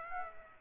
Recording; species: mosquito wingbeat signal from an infrared sensor; Aedes aegypti